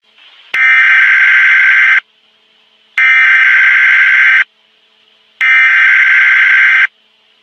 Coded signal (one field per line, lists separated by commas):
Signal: Emergency Alert System (SAME) tones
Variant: header bursts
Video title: Attack on America | EAS Scenario